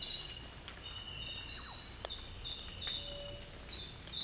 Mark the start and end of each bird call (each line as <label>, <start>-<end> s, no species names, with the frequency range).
bird call (0.5-2.6 kHz), 1.49-1.75 s
bird call (0.3-1.1 kHz), 3.04-3.41 s